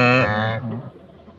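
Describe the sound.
Wildebeest grunt, one loud nasal moan that fades into low rumbling.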